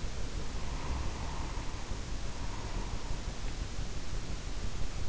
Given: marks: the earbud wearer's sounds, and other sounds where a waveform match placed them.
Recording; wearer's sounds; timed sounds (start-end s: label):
sounds in sleep by an in-ear microphone; breath
0.30-3.48 s: breath